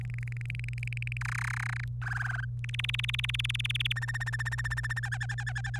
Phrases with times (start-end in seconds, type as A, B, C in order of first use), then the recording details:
0.01-1.17 A, 1.21-1.84 B, 2.02-2.45 C, 2.64-3.93 D, 3.96-5.00 E, 5.03-5.79 F. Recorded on 25 April 2018 at 16:43. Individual llb3